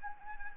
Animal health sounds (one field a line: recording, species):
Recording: mosquito wingbeat signal from an infrared sensor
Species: Anopheles arabiensis